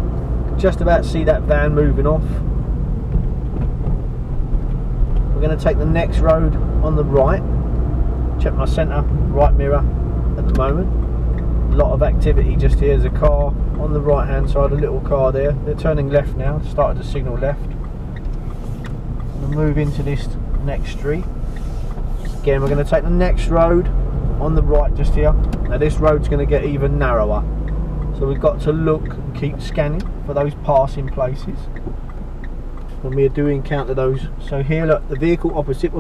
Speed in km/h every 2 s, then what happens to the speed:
29, 23, 21, 27, 29, 27, 26, 23, 18, 15, 11, 15, 19, 23, 21, 15, 8, 0.
0-3 slows to 21. 3-9 speeds up to 29. 9-19 slows to 11. 19-27 speeds up to 23. 27-36 slows to 0.